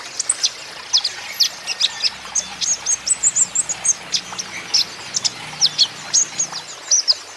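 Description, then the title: Van Hasselt's sunbird song, high tinny chirps repeated in an even, rapid rhythm, several notes each second. Young green-plumaged (ijoan) konin singing constantly (gacor), used as lure and therapy for untrained caged konin so they answer back. "KOLIBRI NINJA KONIN IJOAN GACOR COCOK UNTUK PANCINGAN TERAPI KONIN BAHAN PASTI NYAUT"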